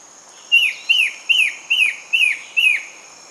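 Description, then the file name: Bird calls: six sharp, downslurred chirps repeated about every 0.4 seconds over a steady high insect drone. "SABIOD 50 bird 2015"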